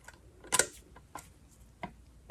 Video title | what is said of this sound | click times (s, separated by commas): Mercruiser mercury upper unit FULL rebuild - EVERYTHING | that clicked. | 0.6 s